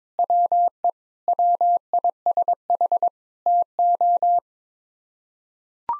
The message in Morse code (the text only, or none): WE WISH TO